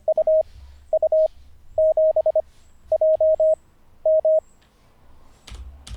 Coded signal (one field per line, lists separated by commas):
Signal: Morse code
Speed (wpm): 25 wpm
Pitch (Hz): 630 Hz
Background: none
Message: UU7JM